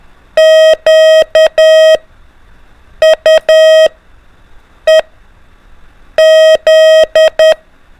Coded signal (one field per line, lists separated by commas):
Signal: Morse code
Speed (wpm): 10 wpm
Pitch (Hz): 630 Hz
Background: none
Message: QUEZ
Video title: A - Z ALPHABET ONLY MORSE CODE PRACTICE MODE | LISTEN AND DECODE 5 MINS IN A DAY